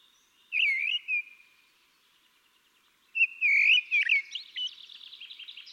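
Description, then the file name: Common blackbird delivering two phrases: a short fluty warble, then after a pause a longer mellow phrase breaking into a rapid chattering twitter. "Turdus merula"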